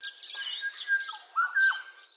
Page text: Bird Grey Shrike-Thrush Call. Australian Native Birds